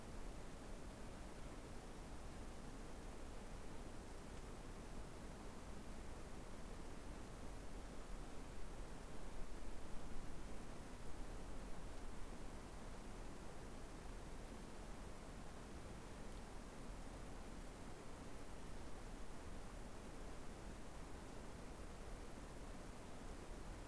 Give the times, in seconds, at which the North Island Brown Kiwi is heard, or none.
none